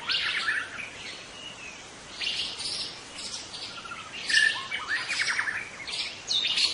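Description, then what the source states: White-rumped shama song in separate bursts of mixed whistles and chattery notes, with quieter gaps between phrases. Wild white-rumped shama, called murai batu hutan, singing in forest.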